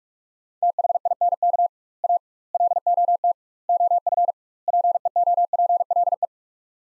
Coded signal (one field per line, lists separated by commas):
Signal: Morse code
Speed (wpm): 46 wpm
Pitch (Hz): 700 Hz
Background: none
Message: THINK A LOT OF PEOPLE